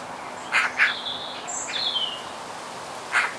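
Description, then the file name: Eurasian magpie giving short harsh chack notes, two in quick succession and a third after a long pause, with thin high whistles in between. "Pica pica"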